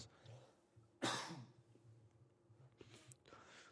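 One sudden, loud wet cough burst of about half a second from an adult man, loose and moist rather than a dry hack, followed by quieter breathing noises over a low room hum.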